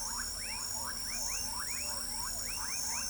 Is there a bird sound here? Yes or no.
no